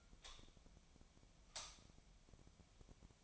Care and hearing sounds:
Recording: daily activity, microphone in the room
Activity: light on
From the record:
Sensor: 1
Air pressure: 1009.9 hPa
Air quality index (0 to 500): 189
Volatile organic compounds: 17 ppm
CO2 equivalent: 2597 ppm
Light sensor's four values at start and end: 36/92/38/46 and 46/131/54/62

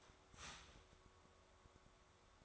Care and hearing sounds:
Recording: daily activity, microphone in the room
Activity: start toaster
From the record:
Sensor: 3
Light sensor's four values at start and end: 4/11/4/4 and 4/11/4/4

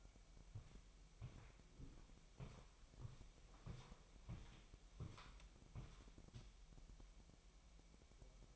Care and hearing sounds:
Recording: daily activity, microphone in the room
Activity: walk to room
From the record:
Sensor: 1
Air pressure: 1002.0 hPa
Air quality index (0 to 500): 247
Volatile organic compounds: 52 ppm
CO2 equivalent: 3320 ppm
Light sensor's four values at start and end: 7/15/6/7 and 6/14/6/6

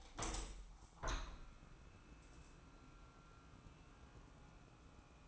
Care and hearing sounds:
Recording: daily activity, microphone in the room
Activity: open window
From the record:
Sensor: 1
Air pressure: 1000.4 hPa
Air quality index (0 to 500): 182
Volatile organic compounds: 4 ppm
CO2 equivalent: 1668 ppm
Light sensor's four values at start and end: 10/25/10/11 and 11/26/11/12

